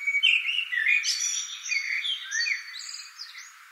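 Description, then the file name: Common blackbird with a busy, continuous warbling of squeaky and fluty notes throughout, rising to thin high twitters, with fainter high whistles from another bird. "Turdus merula"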